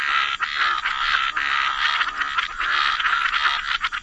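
Steady chorus of frogs, overlapping rough croaks forming a nearly continuous rasping drone, a high thin hum in the background.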